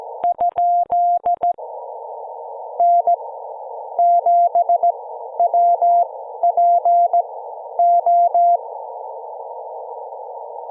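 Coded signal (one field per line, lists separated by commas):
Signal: Morse code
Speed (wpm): 17 wpm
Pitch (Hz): 690 Hz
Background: none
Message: ? N7WPO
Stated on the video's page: 14 WPM CW from a Parks on the Air activation at Monterey State Beach, IC-705 at 10 W, homebrew EFHW inverted vee.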